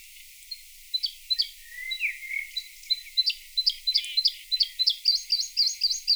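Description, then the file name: Bluethroat song starting with a few thin notes and a short slurred whistle, then speeding into repeated bright tinkling notes and twitters. Played back. "Blaahals"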